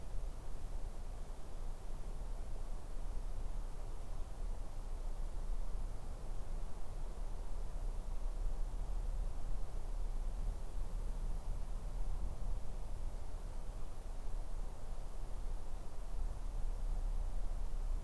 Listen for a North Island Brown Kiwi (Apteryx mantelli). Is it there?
no